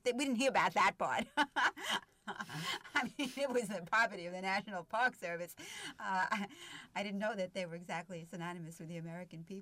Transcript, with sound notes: We didn't hear about that part. (She laughs.) I mean, it was the property of the National Park Service. I didn't know that they were exactly synonymous with the American people.